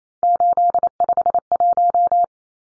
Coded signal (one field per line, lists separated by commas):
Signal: Morse code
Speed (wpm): 28 wpm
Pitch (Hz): 700 Hz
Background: none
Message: 851